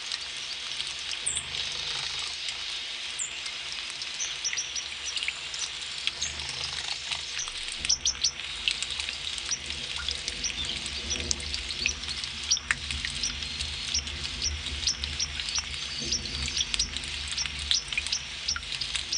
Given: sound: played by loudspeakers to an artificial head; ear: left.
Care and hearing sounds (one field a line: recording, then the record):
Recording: nature sounds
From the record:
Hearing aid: class 2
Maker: A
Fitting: closed earmoulds, the maker's default for a moderate loss (N3)